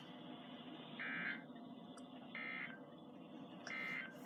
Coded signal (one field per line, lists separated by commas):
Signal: Emergency Alert System (SAME) tones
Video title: Unexpected EAS catches 93-97 6/19/20